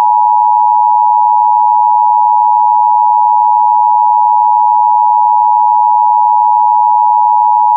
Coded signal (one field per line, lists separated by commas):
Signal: Emergency Alert System (SAME) tones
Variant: 853 and 960 Hz attention tone